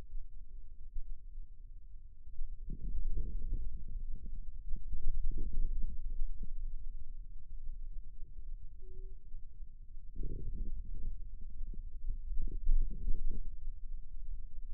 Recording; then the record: forearm muscle sounds (acoustic myography)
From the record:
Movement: radial deviation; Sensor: system 2, bracelet of six BSWA MPA416 microphones around the upper forearm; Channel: 6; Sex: male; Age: 22 years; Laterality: right